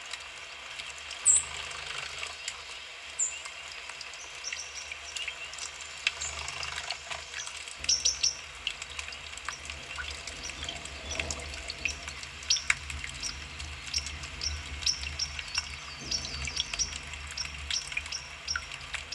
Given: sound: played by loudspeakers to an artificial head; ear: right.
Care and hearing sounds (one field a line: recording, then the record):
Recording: nature sounds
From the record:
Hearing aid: class 1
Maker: E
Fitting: closed earmoulds, the maker's default for a moderate loss (N3)